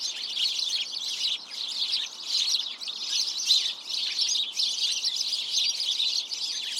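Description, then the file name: House sparrow flock chirping, many high notes overlapping in bursts that swell and ease. "Passer domesticus"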